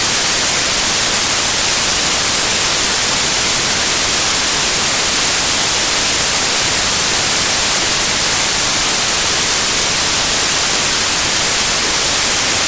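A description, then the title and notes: White noise: a steady, unchanging hiss with a bright, airy top and thin low end, constant for the whole clip with no events. Relaxing White Noise.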